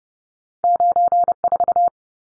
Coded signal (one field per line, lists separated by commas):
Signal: Morse code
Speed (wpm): 30 wpm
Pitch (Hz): 700 Hz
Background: none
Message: 94